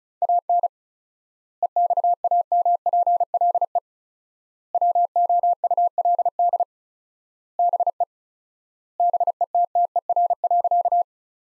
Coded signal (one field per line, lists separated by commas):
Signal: Morse code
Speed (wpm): 36 wpm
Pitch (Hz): 700 Hz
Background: none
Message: AN EXAMPLE WOULD BE BETTER.